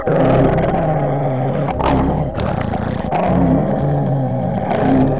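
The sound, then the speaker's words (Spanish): A deep, low rumbling growl throbs under Tula's long neck, steady and continuous for several seconds, with a couple of brief dips before it swells again. No voices are heard. “Profundo borboteo que no llega a hacerse gruñido palpita bajo el largo cuello de Tula.”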